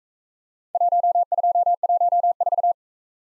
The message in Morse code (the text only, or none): 1214